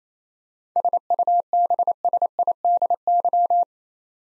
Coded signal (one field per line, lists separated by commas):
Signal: Morse code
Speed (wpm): 28 wpm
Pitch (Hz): 700 Hz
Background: none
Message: SUBSIDY